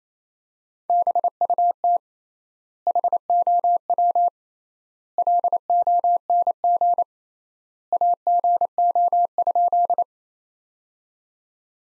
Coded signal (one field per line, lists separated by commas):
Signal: Morse code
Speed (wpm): 28 wpm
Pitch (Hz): 700 Hz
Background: none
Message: BUT HOW LONG AGO?